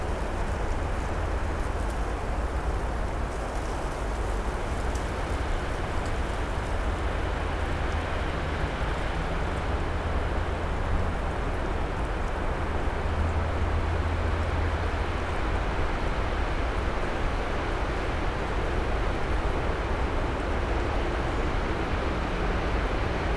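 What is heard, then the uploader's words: Wind blows steadily throughout, a dense, unbroken rushing roar with a heavy low rumble and little change in loudness. Heute nehme ich Euch mit zu einem Waldweg an den Toren zum Nordschwarzwald.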